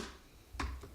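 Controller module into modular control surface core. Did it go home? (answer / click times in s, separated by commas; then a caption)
yes / 0.6 s. A slider control module from a Palette Gear Professional Kit modular editing controller is pushed against the core unit. It snaps into place with a short, sharp click at 0.6 s and is seated.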